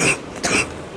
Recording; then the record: coughing mixed with background sound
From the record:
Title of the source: 31 night wet cough